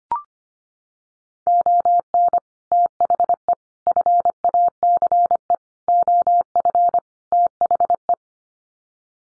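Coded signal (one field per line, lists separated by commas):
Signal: Morse code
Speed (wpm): 25 wpm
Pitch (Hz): 700 Hz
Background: none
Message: ON THE FACE OF THE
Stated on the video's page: Morse word-group drill of five-word English n-grams at 25 wpm for head-copy practice.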